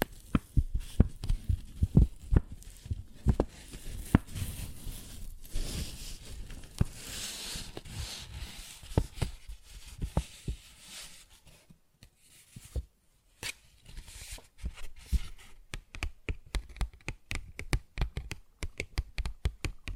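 Fingers tap and scratch on a paper bag in a dense run of short, dull knocks. Between about 5 and 10 seconds a rustling scratch fills in behind the taps, then it fades out. Later the taps come quicker and sharper, with brief pauses between them.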